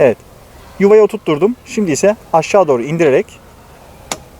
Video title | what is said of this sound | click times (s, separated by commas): Honda PCX Kullanıcılarının Bilmesi Gerekenler? Pcx Yağ Su Akü Fren Bakımı Kadran Gizli Özellikleri | çıt sesini duyduğum zaman artık bizim şu şekilde | 4.1 s